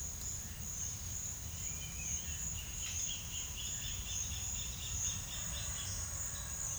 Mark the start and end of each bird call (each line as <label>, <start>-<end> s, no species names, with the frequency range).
bird call (1.4-5.5 kHz), 1.36-6.06 s